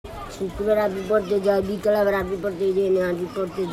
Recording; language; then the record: elicited speech; Bengali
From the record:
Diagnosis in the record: Broca's or global aphasia after a stroke